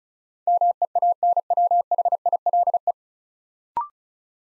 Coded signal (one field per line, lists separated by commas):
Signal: Morse code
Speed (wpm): 36 wpm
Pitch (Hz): 700 Hz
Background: none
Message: MEANWHILE